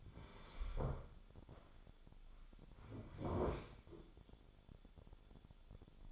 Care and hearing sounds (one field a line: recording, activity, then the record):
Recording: daily activity, microphone in the room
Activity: sit down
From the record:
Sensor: 5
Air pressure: 1015.3 hPa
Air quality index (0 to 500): 178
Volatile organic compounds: 6 ppm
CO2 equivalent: 1941 ppm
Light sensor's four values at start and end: 36/83/33/32 and 36/83/33/32